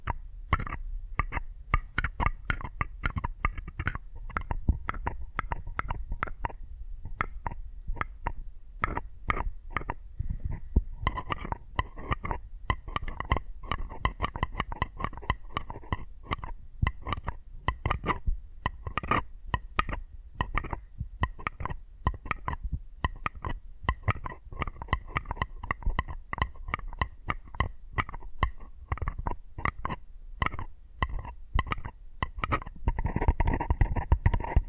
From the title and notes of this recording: ASMR 10 Addictive Tapping Triggers.